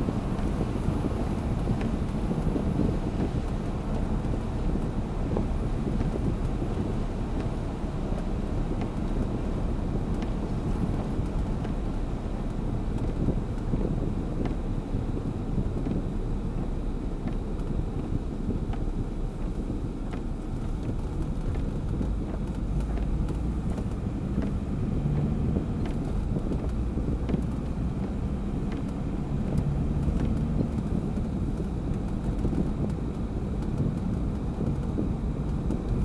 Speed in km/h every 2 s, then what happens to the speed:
92, 91, 85, 82, 79, 75, 71, 63, 55, 42, 30, 24, 35, 44, 53, 55, 56, 56.
0-21 slows to 24. 22-28 speeds up to 53. 28-36 steady at about 55.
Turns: 17-22.